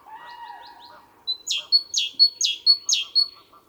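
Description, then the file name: Great tit song phrase of four two-note pairs. Each pair is a level high whistle and a quick downward note. Faint lower bird calls come before and after. "Parus major"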